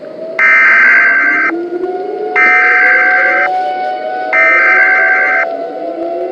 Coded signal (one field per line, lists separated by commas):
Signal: Emergency Alert System (SAME) tones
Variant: header bursts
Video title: EAS Scenario #4 Robert the Shark error Part 1 (With Sirens)